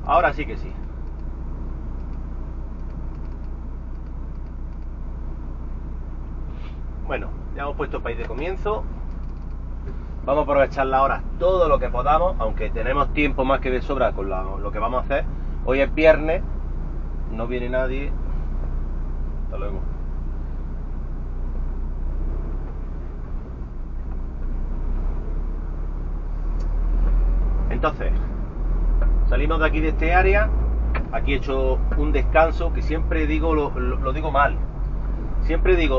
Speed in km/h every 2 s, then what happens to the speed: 0, 0, 0, 0, 0, 0, 0, 1, 1, 2, 3, 4, 5, 5, 10, 12, 17, 21.
0-19 standing. 19-26 steady at about 4. 26-36 speeds up to 21.